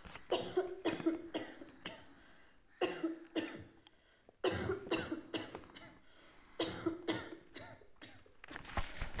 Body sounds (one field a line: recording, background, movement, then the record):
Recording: deep breathing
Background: a bystander coughing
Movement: sitting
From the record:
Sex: female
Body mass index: 25.5 kg/m2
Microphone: on the chest, facing the body